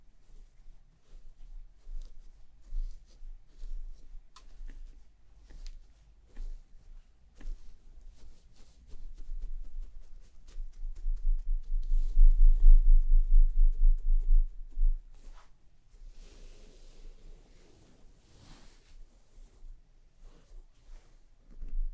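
Fingers massage a scalp and a brush works through hair, giving soft scratchy strokes and quick ticks scattered throughout. A low rumble swells noticeably between about 11 and 15 seconds, then fades back to quieter rubbing and occasional brighter brushing sounds.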